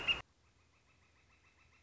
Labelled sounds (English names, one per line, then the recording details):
Northern Flicker
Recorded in Sonoma County, California